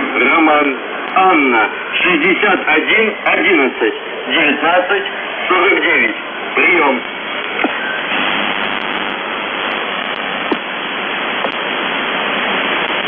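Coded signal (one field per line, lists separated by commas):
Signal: coded military voice message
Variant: UVB-76, Russian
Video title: UVB-76/ The Buzzer Voice Message January 19, 2022 07:58 UTC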